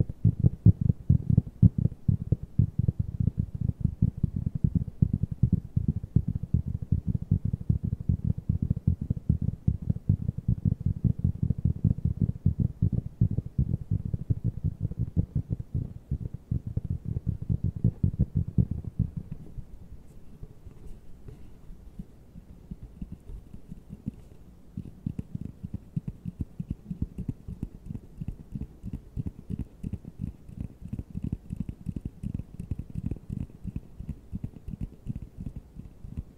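Fast tapping runs the whole way through in rapid, regular low thuds. For the first nineteen seconds the taps are louder and fuller. After that they turn quieter and thinner, with a faint high hiss and a soft tone in the background.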